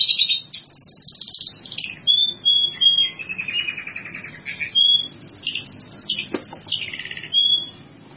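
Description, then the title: Bird song of clear, high whistled notes and slurred phrases, given irregularly over a continuous background of softer chattering and twittering. "burung"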